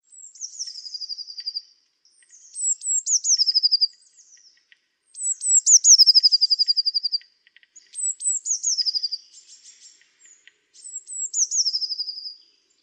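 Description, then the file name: Eurasian blue tit song: high thin opening notes dropping into a fast descending trill, phrases about two seconds long, repeated five times with short pauses. "Cyanistes caeruleus"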